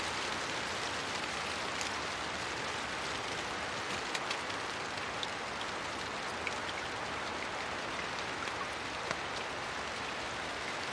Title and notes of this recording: Rain, Large Splatty Drops. Constant rain with large splatty drops under a vegetative canopy, some wind through the higher canopy above